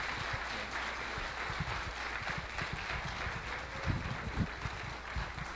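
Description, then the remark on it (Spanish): A crowd at the III Congreso de Destilados 2016 applauds steadily to see off a speaker, a dense wash of many hands clapping at once with no voices over it, holding an even level throughout with a few sharper claps near the end. “Bien, que sirvan esos aplausos entonces para despedir a nuestro ponente.”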